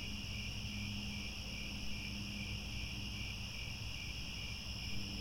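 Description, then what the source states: Crickets chirp in an even, continuous high chorus of layered trills, with a low steady hum underneath. Chorus of crickets at twilight, as the sun sets and stars appear.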